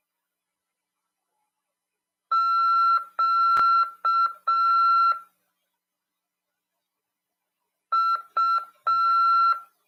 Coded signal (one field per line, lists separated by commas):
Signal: Morse code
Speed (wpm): 6 wpm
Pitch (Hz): 1350 Hz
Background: none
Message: Q U